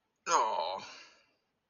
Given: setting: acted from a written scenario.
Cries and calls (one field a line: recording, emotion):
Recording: vocal sound without words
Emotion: disappointment